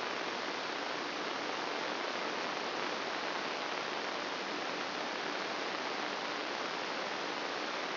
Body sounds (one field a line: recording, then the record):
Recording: brain microelectrode recording played as sound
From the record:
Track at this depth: outside the subthalamic nucleus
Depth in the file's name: 2.773 mm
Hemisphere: left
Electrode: 3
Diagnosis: Parkinson's disease